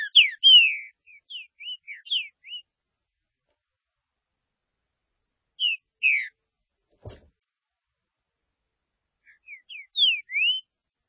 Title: Trinca Ferro